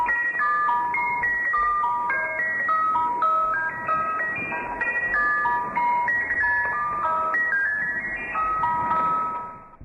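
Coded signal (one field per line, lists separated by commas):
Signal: numbers station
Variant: Swedish Rhapsody, German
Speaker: the broadcasts feature a bizarre sequence of the music box version of Swedish Rhapsody followed by a child or woman's voice reading out a series of numbers in German take a listen and see if you can make sense of this Eerie Swedish Rhapsody recording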